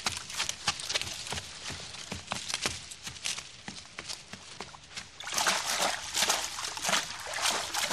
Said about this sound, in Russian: Перебегает ручей, вода достает почти до колена.